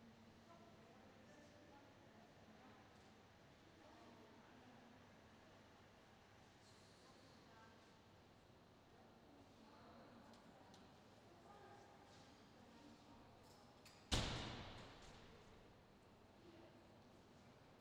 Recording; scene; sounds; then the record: everyday scene through a hearing-aid microphone; reverberant space; background noise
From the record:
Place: railway station hall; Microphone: in the ear canal, left